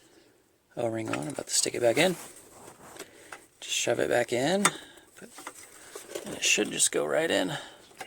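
A metal transmission dipstick tube on a 1996-2004 Ford Mustang, fitted with a new O-ring, is handled and about to be shoved back into its bore in the transmission case to fix a leak. Someone talks, and a few faint short knocks are heard around 3.0 and 3.3 seconds. Nothing has seated or clicked yet.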